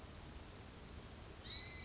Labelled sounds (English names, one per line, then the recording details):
Western Flycatcher
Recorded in Sonoma County, California